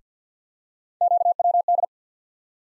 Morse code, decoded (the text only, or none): QWD